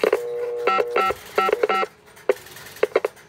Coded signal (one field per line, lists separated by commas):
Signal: DTMF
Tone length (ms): 120 ms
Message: 5555